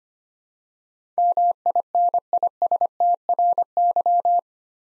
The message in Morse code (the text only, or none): MINISTRY